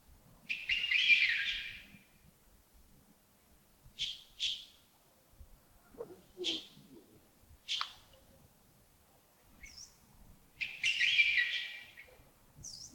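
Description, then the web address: Bird calls: loud, harsh, rasping notes near the start and near the end, with clipped high chirps in between and otherwise quiet gaps. Early morning at Yagongding, 28 December 2025, around 07:40. "2025-12-28 亚公顶清晨 251228 074040 birds"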